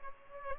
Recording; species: mosquito wingbeat signal from an infrared sensor; Culex pipiens